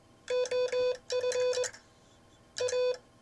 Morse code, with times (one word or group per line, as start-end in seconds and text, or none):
0.3-1.6 OF
2.6-2.9 A